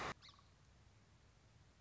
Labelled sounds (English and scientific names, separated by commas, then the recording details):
Song Sparrow (Melospiza melodia)
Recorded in Sonoma County, California